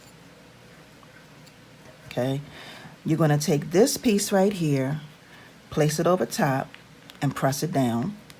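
A top piece is being placed over the stack in a button-making press, ready to push a button shell piece into the die. Someone talks throughout over a quiet background. The piece has not been pressed down, and nothing has seated or clicked yet.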